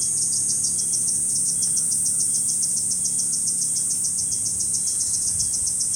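Kuroiwa cicada song, a steady high shrill buzz with a fast pulsing beat, over a low background rumble.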